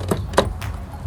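A plastic twist-lock cover is turned clockwise onto the headlight housing of a Fiat 500L during an LED installation. Light clicks at about 0.1 s and 0.6 s surround the loudest sharp click at 0.4 s, where the cover locks home and is seated.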